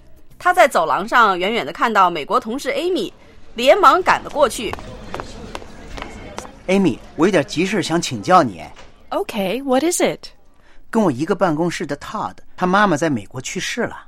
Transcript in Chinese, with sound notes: 他在走廊上远远地看到美国同事 Amy，连忙赶了过去。 (Office ambience) C：Amy, 我有点儿急事想请教你。
A：OK, What is it?
C：跟我一个办公室的 Todd, 他妈妈在美国去世了。